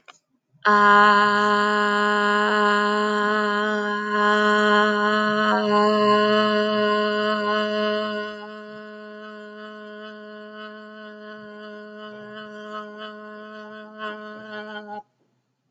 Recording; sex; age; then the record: vowel held as long as possible; female; 30 to 39 years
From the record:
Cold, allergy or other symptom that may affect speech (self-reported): no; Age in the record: 33 years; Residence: Virginia, United States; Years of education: 17